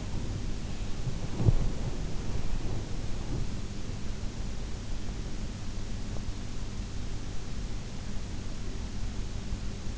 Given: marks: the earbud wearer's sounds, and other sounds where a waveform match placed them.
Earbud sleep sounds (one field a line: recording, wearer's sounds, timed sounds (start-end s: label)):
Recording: sounds in sleep by an in-ear microphone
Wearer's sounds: body movement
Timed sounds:
0.00-3.65 s: body movement